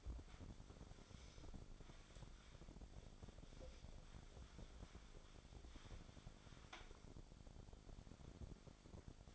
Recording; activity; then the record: daily activity, microphone in the room; wipe stove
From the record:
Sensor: 5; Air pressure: 1007.1 hPa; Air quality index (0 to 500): 175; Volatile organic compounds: 4 ppm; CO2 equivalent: 1674 ppm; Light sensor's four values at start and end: 53/147/58/58 and 50/137/55/55